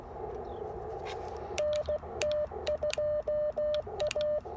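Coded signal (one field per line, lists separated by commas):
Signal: Morse code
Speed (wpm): 18 wpm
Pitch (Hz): 590 Hz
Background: none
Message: NT2A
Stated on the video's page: Parks on the Air activation at the NC Transportation Museum using an IC-705 and a CHA MPAS Lite antenna.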